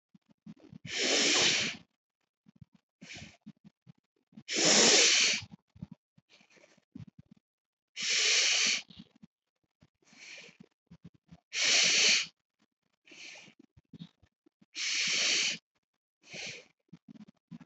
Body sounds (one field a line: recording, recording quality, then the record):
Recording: deep breathing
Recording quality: excellent, no background noise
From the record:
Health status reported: healthy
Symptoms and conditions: none ticked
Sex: female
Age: 53 years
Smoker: not ticked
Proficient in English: yes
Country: India